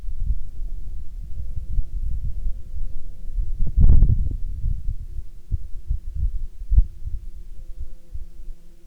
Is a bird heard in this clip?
no